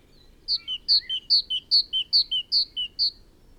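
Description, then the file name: Great tit song: a steady run of about seven two-note phrases, a high bright note dropping to a lower one, repeated rapidly like a seesaw. "Parus major"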